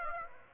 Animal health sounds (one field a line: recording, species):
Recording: mosquito wingbeat signal from an infrared sensor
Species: Aedes aegypti